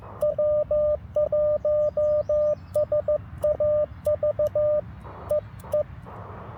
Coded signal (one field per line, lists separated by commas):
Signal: Morse code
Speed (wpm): 14 wpm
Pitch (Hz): 590 Hz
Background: radio noise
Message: W1SAV E E